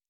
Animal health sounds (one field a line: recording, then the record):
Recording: hydrophone in a shrimp aquaculture tank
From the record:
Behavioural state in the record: normal